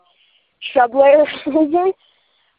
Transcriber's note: laughs